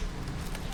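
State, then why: Not seated. A spring clip is handled on a motorcycle chain's master link, where it is being pressed into place with pliers to make sure the lock sits fully for safety. Steady broadband noise with a low rumble runs throughout, with one brief sharp burst at about 0.6 s. Nothing has snapped on or seated yet.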